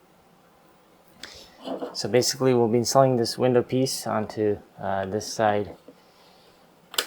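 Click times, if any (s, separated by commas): 6.9 s, 7.0 s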